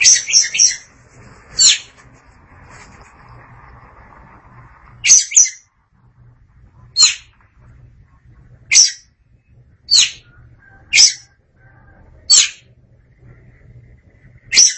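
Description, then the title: Oriental magpie-robin producing scratchy, buzzy notes: a brief rapid cluster at the start, then single harsh notes at irregular intervals of one to a few seconds. "Suara Kicauan Burung Kacer Durasi Panjang"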